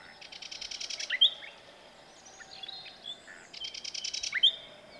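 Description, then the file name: Common nightingale song: two similar phrases, each a quick series of repeated notes ending in a sharp upslurred note, separated by softer scattered chirps. "Luscinia megarhynchos"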